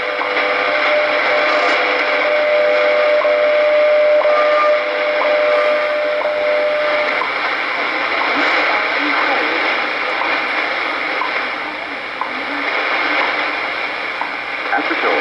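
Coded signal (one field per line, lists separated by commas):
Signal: radio time signal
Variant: WWV with WWVH underneath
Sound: steady low audio tone broken by brief ticks each second, buried in hiss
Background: radio static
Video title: WWV 5 Mhz with slight WWVH underneath July 3rd 2016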